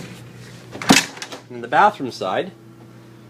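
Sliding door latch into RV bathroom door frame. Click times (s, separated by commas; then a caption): 0.8 s. The sliding door latch on the bathroom of a 2014 Newmar Baystar 3213 RV locks into place in the door frame with a sharp click at 0.8 s, followed by a couple of softer knocks. Afterward someone talks. The door is latched shut.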